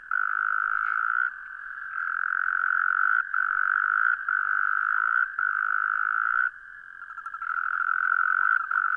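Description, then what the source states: Frog trill, a loud buzzing drone with irregular short breaks and a softer, stuttering stretch near seven seconds. Recorded 17 January 2015.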